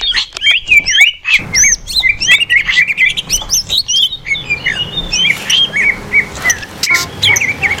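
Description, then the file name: Greater green leafbird song: dense overlapping whistles, slurred chirps and short trills from several birds at once, continuous with brief pauses. Greater green leafbirds (cucak hijau) in a simulated singing contest. "simulasi-lomba-cucak-hijau 2-omkicau"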